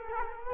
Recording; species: mosquito wingbeat signal from an infrared sensor; Culex quinquefasciatus